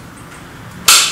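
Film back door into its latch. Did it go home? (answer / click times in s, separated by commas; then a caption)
yes / 0.9 s. On a Fuji GX680 medium format camera being loaded with black-and-white film, the film back door is pushed shut into its latch after the cassette is inserted. A quiet low hum is broken by a single sharp, bright snap at 0.9 s, and the door is closed and locked.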